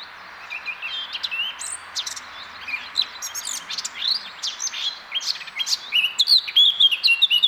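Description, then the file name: Eurasian blackcap song: a scratchy chattering warble building into a louder run of clear, fluty whistled notes near the end. "Sylvia atricapilla"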